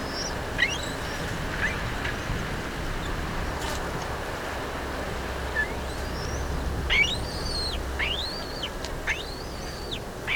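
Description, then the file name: Black-breasted buzzard giving thin whistled calls, faint at first, then several clearer arching whistles in the last few seconds, over steady background noise. "Hamirostra Melanosternon"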